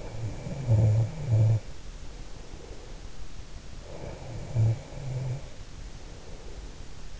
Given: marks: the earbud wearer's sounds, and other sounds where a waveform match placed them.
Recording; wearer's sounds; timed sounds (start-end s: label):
sounds in sleep by an in-ear microphone; snoring breath
0.00-3.06 s: snoring breath
3.71-6.88 s: snoring breath